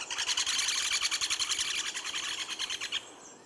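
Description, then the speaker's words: Pileated Woodpecker call: a rapid series of high, laughing notes lasting about three seconds. Another call, described as having a laugh-like quality. "another call. You kind of hear the laugh there, don't you?"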